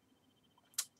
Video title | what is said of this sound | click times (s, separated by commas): E-Cigarette First Experience | click it in make sure it clicks in | 0.7 s, 0.8 s